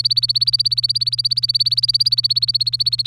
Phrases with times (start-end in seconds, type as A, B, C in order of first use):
0.00-3.06 A